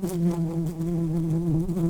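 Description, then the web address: Red-tailed bumblebee buzzing: a steady, low droning hum with slight wavers in pitch, continuous throughout. Workers. "Lapidarius workers"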